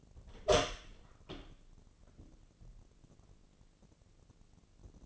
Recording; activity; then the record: daily activity, microphone in the room; open door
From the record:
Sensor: 4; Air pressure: 1013.2 hPa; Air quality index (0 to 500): 178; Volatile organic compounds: 2 ppm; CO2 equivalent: 1122 ppm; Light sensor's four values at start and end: 68/166/70/70 and 88/219/91/96